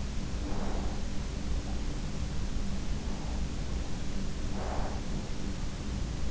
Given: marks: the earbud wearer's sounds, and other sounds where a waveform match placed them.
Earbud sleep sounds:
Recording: sounds in sleep by an in-ear microphone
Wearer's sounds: breath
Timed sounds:
0.24-1.33 s: breath
4.34-5.21 s: breath

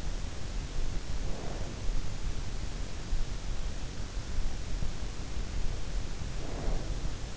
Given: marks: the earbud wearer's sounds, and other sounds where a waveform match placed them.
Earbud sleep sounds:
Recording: sounds in sleep by an in-ear microphone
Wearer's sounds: breath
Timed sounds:
0.82-2.25 s: breath
6.11-7.37 s: breath

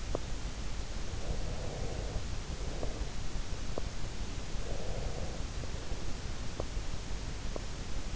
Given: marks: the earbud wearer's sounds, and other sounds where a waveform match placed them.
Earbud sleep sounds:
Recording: sounds in sleep by an in-ear microphone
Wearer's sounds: teeth grinding, breath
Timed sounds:
0.00-0.39 s: teeth grinding
0.93-3.19 s: breath
3.55-4.01 s: teeth grinding
4.38-6.24 s: breath
6.46-7.78 s: teeth grinding

